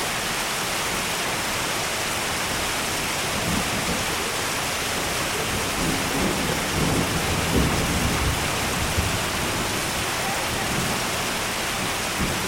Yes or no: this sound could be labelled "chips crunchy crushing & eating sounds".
no